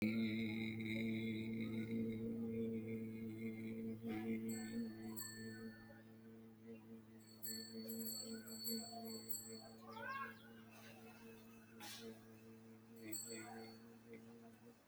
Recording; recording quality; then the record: sustained vowel as in made; moderate, slight background noise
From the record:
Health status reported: healthy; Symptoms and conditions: none ticked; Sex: male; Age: 48 years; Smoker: not ticked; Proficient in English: yes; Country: India